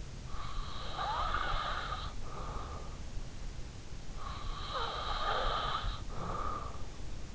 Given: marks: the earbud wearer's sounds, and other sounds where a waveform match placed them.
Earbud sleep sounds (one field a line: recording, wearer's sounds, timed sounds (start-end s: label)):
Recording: sounds in sleep by an in-ear microphone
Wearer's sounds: breath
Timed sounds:
0.04-2.90 s: breath
3.99-7.35 s: breath